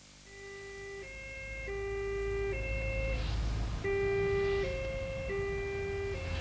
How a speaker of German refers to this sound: Warum schalten Sie denn die Sirene ein? Ist denn der Fall nicht dringend?